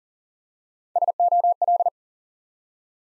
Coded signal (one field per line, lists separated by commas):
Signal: Morse code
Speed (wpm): 41 wpm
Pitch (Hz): 700 Hz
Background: none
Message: SOL